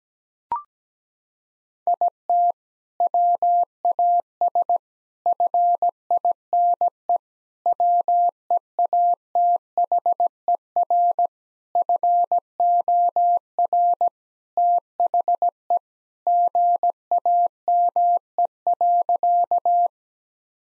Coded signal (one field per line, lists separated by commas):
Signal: Morse code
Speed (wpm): 17 wpm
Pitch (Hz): 700 Hz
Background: none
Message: IT WAS FINE WEATHER FOR THE GAME.